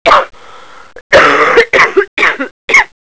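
An adult's cough: about five harsh, noisy cough bursts in quick succession, one longer and rougher than the rest.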